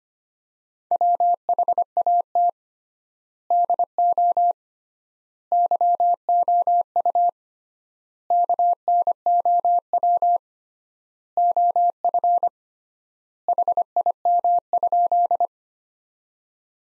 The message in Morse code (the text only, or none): WHAT DO YOU KNOW OF HIM?